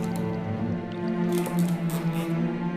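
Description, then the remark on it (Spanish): A steady, low droning hum like an aquarium water filter, with soft watery gurgles and bubbly bursts rising over it midway, at an even moderate loudness throughout. “Solo se oía un ligero y constante ronroneo, similar al ruido que hace un filtro al limpiar el agua de una pecera.”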